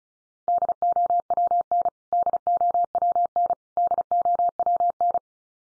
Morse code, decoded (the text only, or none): DOWN DOWN DOWN